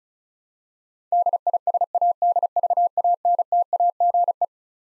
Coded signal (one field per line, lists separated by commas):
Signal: Morse code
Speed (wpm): 36 wpm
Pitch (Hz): 700 Hz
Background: none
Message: DISADVANTAGE